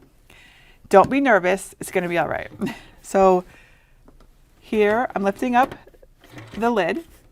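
The plastic scanner lid of an Epson F170 sublimation printer, sitting on an inkjet printer body, is lifted up to reach the ink tanks while someone talks, with only faint handling sounds between the words. The lid has not yet snapped into its open position, and nothing has seated or clicked by the end of the clip.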